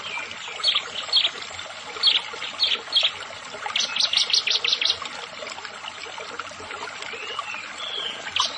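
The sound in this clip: Prinia song: a few spaced high chirps, then a rapid run of sharp notes, over constant background hiss.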